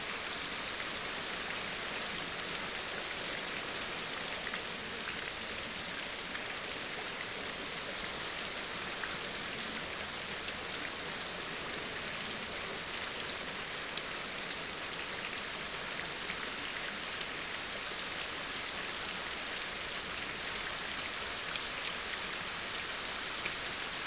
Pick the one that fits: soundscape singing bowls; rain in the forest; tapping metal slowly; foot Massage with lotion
rain in the forest